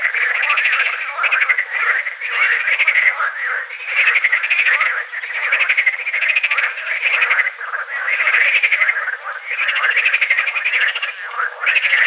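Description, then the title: Water frog calling as a dense chorus, long buzzy pulsed croaks running almost continuously, with brief dips between overlapping bursts. Green frogs at Combrit, Finistère, France, in June 2010. "Sylvain Jaskowiak - Animus. Grenouilles vertes - Combrit, Finistère - juin 2010"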